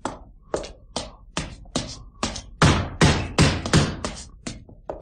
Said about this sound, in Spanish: unos golpes dados en ella con los nudillos, cada vez más fuertes.